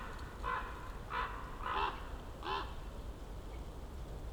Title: Patnik mountain side, Goworów, Poland - Circling ravens